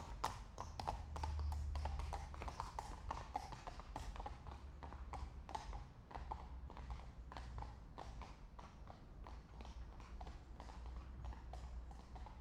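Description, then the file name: Horse hoofbeats: repeated hard knocks in a loose walking rhythm, several per second, over a steady low hum. Two horses walking at a slow pace past on cobblestones. "Het stapvoets voorbijlopen van twee paarden op kasseien - Sound Cloud - Beeld en Geluid"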